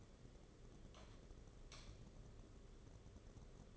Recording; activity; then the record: daily activity, microphone in the room; light on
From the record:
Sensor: 4